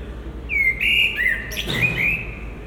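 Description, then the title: Common blackbird singing a mellow whistled warble, followed by a sharp scratchy high flourish, over a faint low background hum. Recorded at Résidence Sainte-Gertrude in the Marolles district of Brussels, Belgium, with a Sony PCM-M10 and Luhd PM-01 binaural microphones. "Marolles, 1000 Bruxelles, Belgique - Résidence Sainte-Gertrude - Merle - Blackbird"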